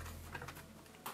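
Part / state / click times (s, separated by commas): laptop bottom cover clips into laptop chassis / not seated / none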